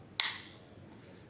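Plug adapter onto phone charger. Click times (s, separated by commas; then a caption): 0.2 s. A three-pin British plug adapter is slid up onto a BlackBerry Curve 8520 phone charger, producing one sharp plastic click at 0.2 s. The adapter is then locked in place on the charger.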